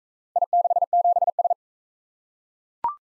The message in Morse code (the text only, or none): I67S